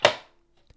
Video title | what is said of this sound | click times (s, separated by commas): Diode and Infrared Lasers built in - LaserPecker LP4 | this just snaps into place and is held on with magnets | 0.0 s